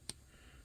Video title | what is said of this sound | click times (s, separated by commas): GI Joe Retaliation Night Viper | and with a little bit of work you can get this to actually snap right into that that Gap | 0.1 s